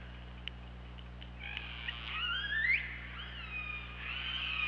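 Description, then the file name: Killer whale calls: a few faint clicks, then rising and falling whistled and squealing tones that bend upward and overlap, over steady low hum. Recorded by OrcaLab hydrophone on 24 August 2017 at 23:34. "Orca Lab UTLN JASON 20170824 233450"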